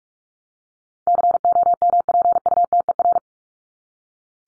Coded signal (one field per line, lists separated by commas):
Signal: Morse code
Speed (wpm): 44 wpm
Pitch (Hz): 700 Hz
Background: none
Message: COMPUTER